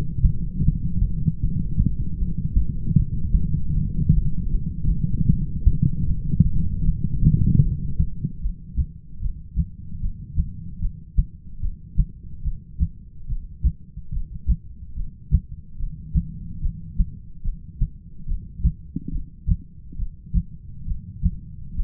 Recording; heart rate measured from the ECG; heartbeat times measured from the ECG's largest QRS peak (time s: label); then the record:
heart sounds by stethoscope; 74 bpm
0.65 s: heartbeat
1.41 s: heartbeat
2.19 s: heartbeat
2.96 s: heartbeat
3.74 s: heartbeat
4.51 s: heartbeat
5.29 s: heartbeat
6.08 s: heartbeat
6.85 s: heartbeat
7.63 s: heartbeat
8.42 s: heartbeat
9.22 s: heartbeat
10.02 s: heartbeat
10.82 s: heartbeat
11.62 s: heartbeat
12.45 s: heartbeat
13.29 s: heartbeat
14.13 s: heartbeat
14.97 s: heartbeat
15.79 s: heartbeat
16.62 s: heartbeat
17.44 s: heartbeat
18.28 s: heartbeat
19.12 s: heartbeat
19.99 s: heartbeat
20.87 s: heartbeat
21.76 s: heartbeat
From the record:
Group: heart failure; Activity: light exercise 0-8 s, rest 8-22 s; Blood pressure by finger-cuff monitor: 136/87 mmHg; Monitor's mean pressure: 105 mmHg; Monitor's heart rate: 73 bpm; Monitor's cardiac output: 8.4 L/min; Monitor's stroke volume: 112 mL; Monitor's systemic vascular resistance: 920 dyn s/cm5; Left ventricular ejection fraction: 25%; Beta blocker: metoprolol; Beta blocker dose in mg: 62.5 twice daily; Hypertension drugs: ramipril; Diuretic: furosemide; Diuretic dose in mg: 40 twice daily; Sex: male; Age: 57 years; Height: 180 cm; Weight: 90.5 kg